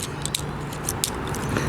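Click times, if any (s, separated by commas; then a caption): 1.0 s. Plastic parts of an Override transforming robot figure (Velocitron Speedia 500 Collection) tick and scrape as they are brought down during transformation. A plastic limb or panel section snaps into its locked position in the figure's body with a sharp click at 1.0 s.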